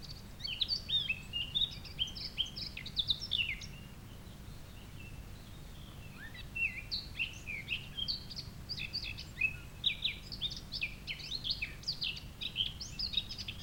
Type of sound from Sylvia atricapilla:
song